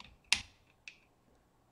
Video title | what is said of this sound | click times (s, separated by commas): Prusa i3 MK3 Build Part 4- Steam Labs Live Stream | okay there goes snap to the place | 0.3 s